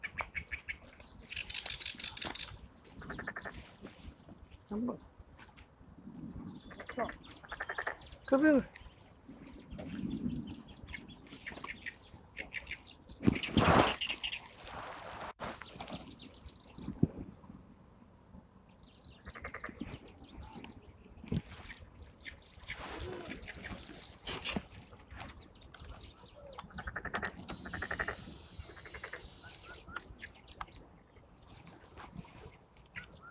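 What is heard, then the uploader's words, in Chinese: Several kinds of birds call in short, scattered bursts over a low natural background, with a sharp loud sound near thirteen seconds. 沙河北岸鸟鸣记录。在沙河观鸟三小时，记录下多种鸟类的叫声和自然的声音，当然还有人声。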